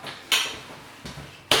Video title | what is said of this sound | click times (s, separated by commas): Mockingbird Single to Double Stroller vs City Select Stroller | it does lock into place at some point if you get it in the right spot | 1.5 s